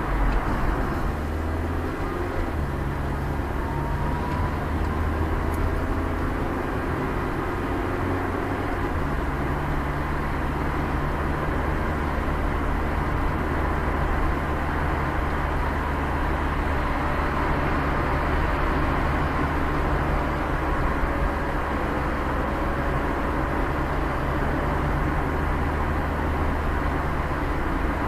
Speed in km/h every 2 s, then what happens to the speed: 26, 27, 26, 26, 24, 22, 25, 27, 27, 27, 22, 23, 25, 26.
0-28 steady at about 26.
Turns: none.